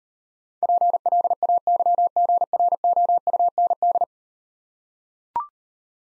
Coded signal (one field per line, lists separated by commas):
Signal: Morse code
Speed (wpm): 38 wpm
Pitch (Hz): 700 Hz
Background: none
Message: PLAYGROUND